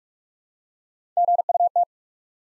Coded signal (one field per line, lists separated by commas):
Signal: Morse code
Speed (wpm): 44 wpm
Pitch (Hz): 700 Hz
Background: none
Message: GUT